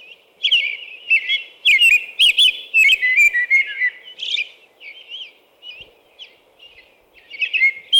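American robin delivering a long continuous song of slurred whistled phrases, loud at first, then softer, with louder phrases again at the end.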